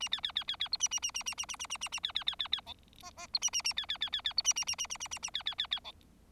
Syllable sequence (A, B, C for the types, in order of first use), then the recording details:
A B B B B B C A A A A A A A A A A A B B B B B D E E C A A A B B B B B C A A A A A A A A B B B B D. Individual Bird4